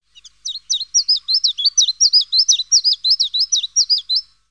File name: phylloscopus collybita